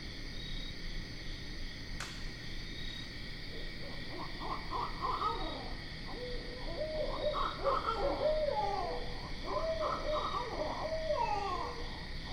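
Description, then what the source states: Barred owl calls, an excited chorus of wavering, rising and falling hoots and cackles following a sharp click, over constant background trilling. Recorded 12 September 2010.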